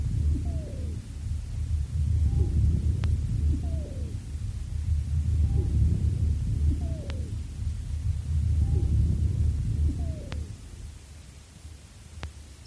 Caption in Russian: Высокочастотные свистящие хрипы образуются при наличии вязкого секрета в мелких бронхах и бронхиолах. Свистящие хрипы у больной, страдающей хроническим обструктивным бронхитом. Основной дыхательный шум представлен жестким дыханием.